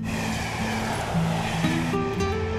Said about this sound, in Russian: Проезжает поезд.